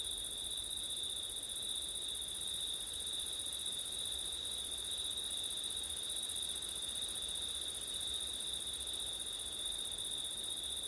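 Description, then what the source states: Crickets keep up an unvarying high trill throughout, with soft low wind noise beneath. Crickets at night in September, with wind.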